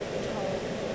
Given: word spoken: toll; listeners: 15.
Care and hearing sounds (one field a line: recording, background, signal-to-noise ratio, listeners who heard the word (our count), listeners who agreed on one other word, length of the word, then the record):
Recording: one English word in noise, from a listening test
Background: speech-shaped noise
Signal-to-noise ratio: -5.8 dB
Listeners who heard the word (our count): 2 of 15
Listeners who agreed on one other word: 7 of 15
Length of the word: 0.56 s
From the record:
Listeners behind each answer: 7, 2, 2, 2, 1, 1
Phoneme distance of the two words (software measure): 10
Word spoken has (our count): 1 syllable, 3 phonemes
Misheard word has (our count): 1 syllable, 3 phonemes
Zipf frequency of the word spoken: 3.94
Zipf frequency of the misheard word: 4.51